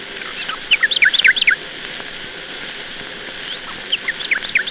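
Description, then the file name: Nightingale song: a quick tumbling burst of sharp notes that drop in pitch, a pause, then a shorter similar burst, over a steady hiss. "Solovei"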